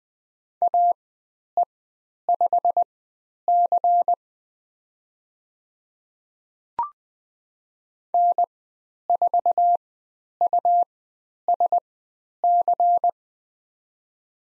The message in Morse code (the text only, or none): AE5C N4USC